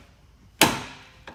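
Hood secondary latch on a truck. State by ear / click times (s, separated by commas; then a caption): released / 0.6 s. Under a truck's raised hood, the lever on the hood's secondary safety latch is pushed over until the latch releases. A sharp, loud click at 0.6 s rings down slowly, followed by a faint tick at 1.3 s. The safety latch clicks open and is released.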